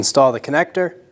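Someone talks while the wiring harness connector is being handled for installation onto the cooling fan assembly of a 2016–2025 Chevrolet Malibu 1.5L L4. Nothing has seated or clicked yet.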